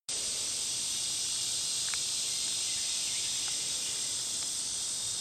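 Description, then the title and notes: Lyric cicada buzzing in one sustained harsh high drone that starts abruptly and continues without a break, with a few faint lower notes. "Neotibicen lyricen by Christie Mullen"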